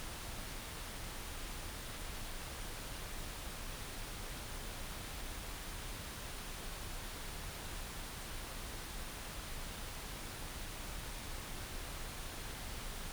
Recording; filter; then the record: brain microelectrode recording played as sound; wide band, above 20 Hz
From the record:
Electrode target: subthalamic nucleus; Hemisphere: right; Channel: 1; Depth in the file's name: 5.102 mm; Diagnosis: Parkinson's disease